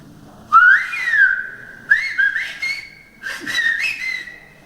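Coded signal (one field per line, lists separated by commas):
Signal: whistled language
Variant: Silbo canario (whistled Spanish)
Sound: three whistled phrases with a single pitch gliding up and down, speech-like rhythm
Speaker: y por último maría qué bonito este grifo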